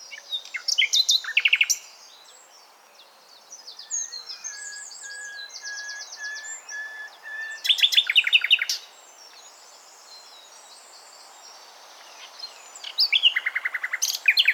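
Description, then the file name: Common nightingale song: loud rapid trilled phrases separated by quieter, softer passages. "Luscinia megarhynchos"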